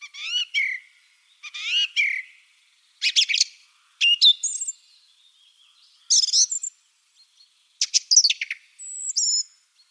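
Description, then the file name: Song thrush singing varied phrases of whistled and scratchy notes, some repeated two or three times, delivered in bursts with brief silences between them. "Drozd pevchij Turdus philomelos - Penie"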